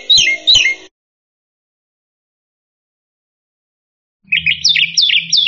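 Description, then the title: Black-winged myna song: two harsh chirps, a long silence, then a rapid run of bright notes over a faint low hum. "Jalak Putih"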